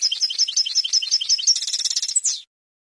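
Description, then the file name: European goldfinch song: bright, tumbling twitters in quick succession, running into a rapid trill before stopping abruptly. "suara burung chardonneret atau goldfinch eropa om kicau"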